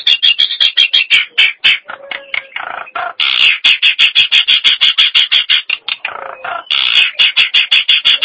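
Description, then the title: Nias hill myna song: mostly dense, harsh rattling note series, broken by short lower nasal sounds, repeated several times throughout. "Jalak Nias"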